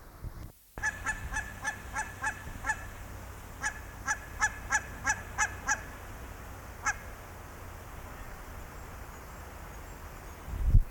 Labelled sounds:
Barnacle Goose (Branta leucopsis) call

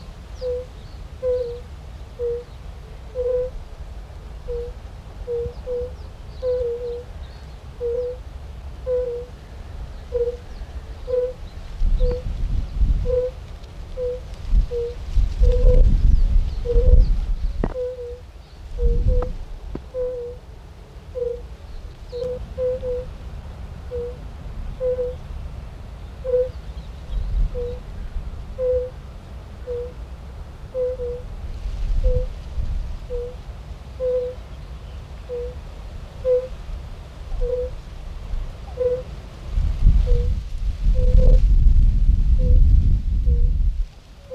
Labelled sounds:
Fire-Bellied Toad (Bombina bombina) call

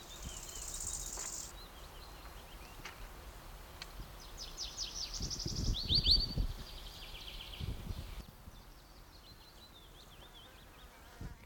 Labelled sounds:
Bow-winged Grasshopper (Chorthippus biguttulus) stridulation

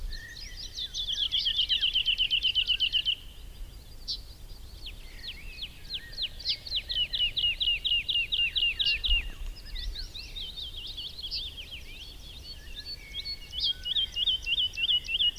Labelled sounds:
Wood Lark (Lullula arborea) song

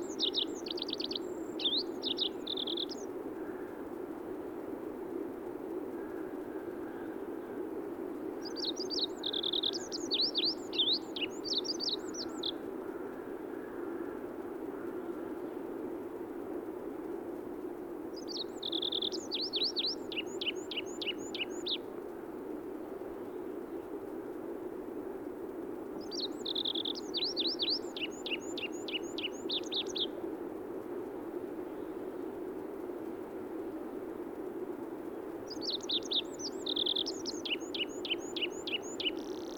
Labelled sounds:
Olive-backed Pipit (Anthus hodgsoni) song

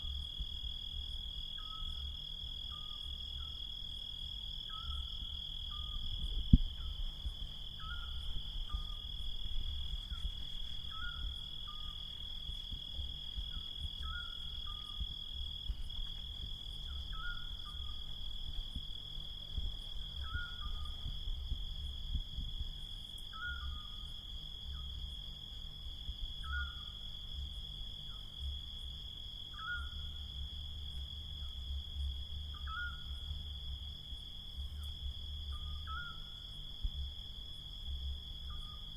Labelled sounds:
Eurasian Scops Owl (Otus scops)

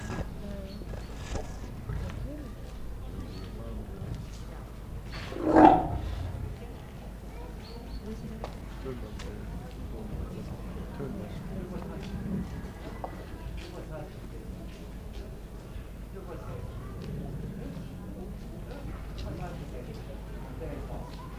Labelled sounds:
Tiger (Panthera tigris) call

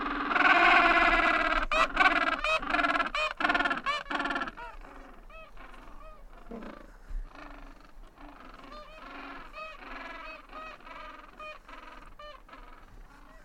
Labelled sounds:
Gentoo Penguin (Pygoscelis papua) call

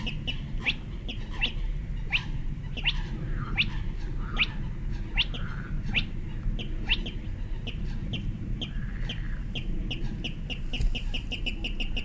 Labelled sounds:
Spotted Crake (Porzana porzana)

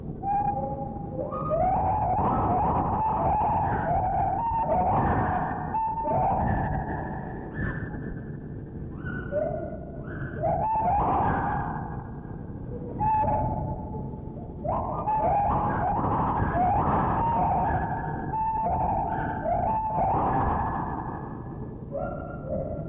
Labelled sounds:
Lar Gibbon (Hylobates lar)

